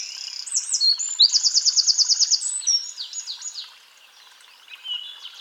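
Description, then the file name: Eurasian wren song, high ringing notes leading into a fast, loud, evenly spaced trill, then tumbling phrases that fade, a brief faint warble after. "Troglodytes troglodytes"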